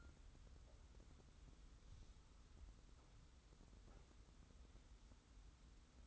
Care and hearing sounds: daily activity, microphone in the room; wipe stove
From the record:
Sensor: 3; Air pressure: 990.4 hPa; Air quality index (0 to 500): 181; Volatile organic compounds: 1000 ppm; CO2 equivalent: 5874 ppm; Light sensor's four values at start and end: 46/109/45/42 and 46/109/45/42

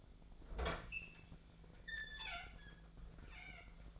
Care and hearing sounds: daily activity, microphone in the room; open fridge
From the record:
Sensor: 5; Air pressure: 1009.8 hPa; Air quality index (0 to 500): 162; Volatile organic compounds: 4 ppm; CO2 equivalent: 1571 ppm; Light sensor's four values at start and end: 108/281/116/123 and 110/285/118/125

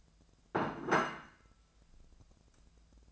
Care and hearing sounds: daily activity, microphone in the room; place plate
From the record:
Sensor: 2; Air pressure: 1000.0 hPa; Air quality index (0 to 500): 132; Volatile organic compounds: 2 ppm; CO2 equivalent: 1125 ppm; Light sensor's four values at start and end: 26/65/27/30 and 26/65/28/30

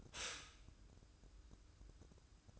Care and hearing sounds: daily activity, microphone in the room; stop toaster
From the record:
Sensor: 2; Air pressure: 1007.0 hPa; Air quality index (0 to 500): 41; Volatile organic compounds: 1 ppm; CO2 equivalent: 544 ppm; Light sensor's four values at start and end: 6/14/5/6 and 6/14/5/6

